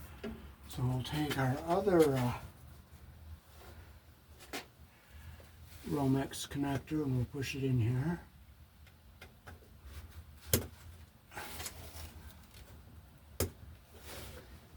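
A push-in plastic cable connector is handled at the knockout hole of an electrical box while someone talks, with faint handling taps and two sharper ticks near 10.5 s and 13.4 s. The connector has not seated or clicked yet.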